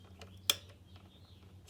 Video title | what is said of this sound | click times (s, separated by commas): How to Replace the Valve Cover Gasket on a 2007 Pontiac G5 (Colbalt, Ion & More!) | I'll turn up the volume. You can hear the clicking when the torque wrench hits 10 lb. | 0.5 s